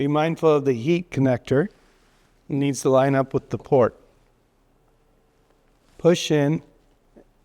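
A heated breathing tube connector is lined up with the air outlet port of a ResMed AirCurve 10 ventilator before being pushed in, minding the heat connector so it matches the port. A man talks throughout, with a brief faint tick near 5.5 s in a quiet gap. Nothing has seated or clicked yet.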